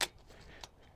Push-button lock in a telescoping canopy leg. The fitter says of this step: and it lowers and you'll hear it catch